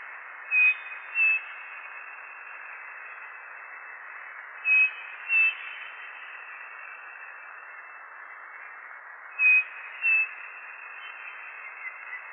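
Bird song: paired short high whistled notes, each pair about half a second apart, repeated roughly every four and a half seconds over steady hiss.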